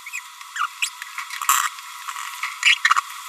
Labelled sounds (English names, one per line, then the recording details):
Green-rumped Parrotlet babbling
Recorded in a nest box in Venezuela
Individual 18B25A4